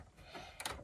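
A keyed plastic pin connector, lined up by its notch and cutout, is pushed into a motherboard header while its back is held. Two short sharp clicks are heard at 0.6 and 0.7 seconds over a low background. The connector is seated fully home.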